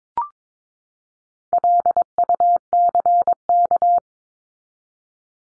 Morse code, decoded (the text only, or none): LUCK